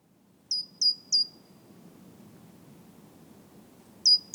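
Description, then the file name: Great tit calls: a run of three thin, high, downslurred notes, then a quiet pause before two more at the end. "Parus major"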